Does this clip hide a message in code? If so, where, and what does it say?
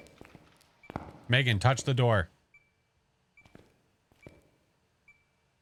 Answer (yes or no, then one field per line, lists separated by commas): no